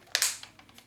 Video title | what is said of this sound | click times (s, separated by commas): TRANSFORMERS SIEGE WFC TRILOGY TITAN CLASS OMEGA SUPREME TOY REVIEW | you hear it snap into place and i believe that is it | 0.1 s